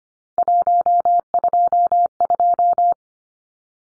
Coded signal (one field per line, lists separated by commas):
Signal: Morse code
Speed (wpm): 25 wpm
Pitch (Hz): 700 Hz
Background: none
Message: 122